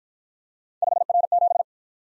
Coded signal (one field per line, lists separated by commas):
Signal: Morse code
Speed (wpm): 52 wpm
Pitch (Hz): 700 Hz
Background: none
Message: 5R7